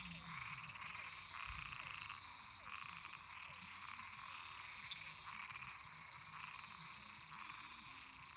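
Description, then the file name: Toad chorus with repeated short croaking bursts, overlaid by fast, continuous high-pitched pulsed insect trilling and a thin steady whine. Toads singing at night together with crickets and cicadas. "Grilos cigarras e sapos cantando a noite"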